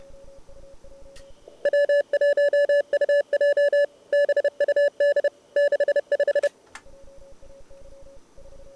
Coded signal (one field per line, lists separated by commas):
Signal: Morse code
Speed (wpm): 30 wpm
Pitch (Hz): 560 Hz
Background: none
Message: W1UJ BUD 65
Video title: 19 Aug 2020 CW Operators Club weekly CWT mini contest-Start to Submission. QRS and talk through.